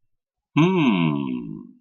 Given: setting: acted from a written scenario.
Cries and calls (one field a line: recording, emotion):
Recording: vocal sound without words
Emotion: interest